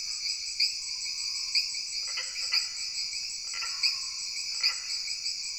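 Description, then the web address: Frogs give rattling croaks in several short bursts over a continuous high-pitched insect chorus with regular pulsed accents. Frogs within a jungle insect background ambience. "Sony Pictures Sound Effects Series Backgrounds Jungle Insects With Frogs"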